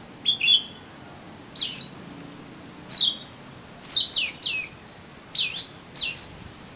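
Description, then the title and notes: Oriental magpie-robin uttering short squeaky whistled phrases at irregular intervals, over a faint steady high tone. "suara kacer. kumpulan suara burung kacer"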